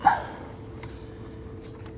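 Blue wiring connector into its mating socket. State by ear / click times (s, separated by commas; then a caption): not seated / none. A blue plastic electrical connector is lined up and handled at its mating socket behind the glovebox area of a 2009–2017 Volvo XC60 during cabin air filter replacement. A sharp knock comes at about 0.1 s, then faint light ticks at about 0.8 s and 1.7 s over a low, steady hum. Nothing has seated or clicked yet.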